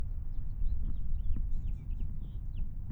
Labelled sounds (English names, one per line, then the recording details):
House Finch song
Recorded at Wantagh on Long Island, New York, on 21 May 1975
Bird I